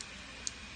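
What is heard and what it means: During a transforming toy figure's conversion, the toy robot's head part is raised up into its place in the torso. Over a steady low background hiss, a single short, sharp tick sounds at 0.5 s as the head seats into position.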